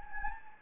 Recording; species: mosquito wingbeat signal from an infrared sensor; Anopheles gambiae